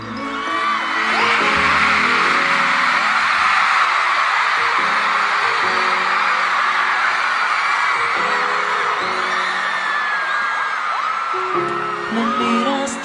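A crowd shouts and cheers loudly and continuously for about thirteen seconds, a dense roar of many voices with occasional whoops rising above it, over a steady, pulsing low bass beat.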